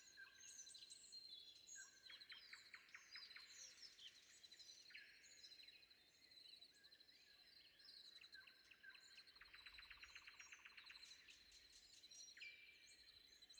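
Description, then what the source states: Nightingale song with fast stuttering series of repeated notes, mixed among several other birds singing in a dense predawn chorus with a constant high drone. Sung before dawn.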